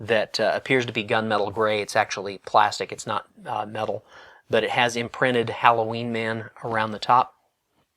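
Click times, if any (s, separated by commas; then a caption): none. A plastic cap is handled near the atomizer of a glass perfume bottle while a man talks almost throughout. The cap has not snapped into place yet, and nothing has seated or clicked by the end of the clip.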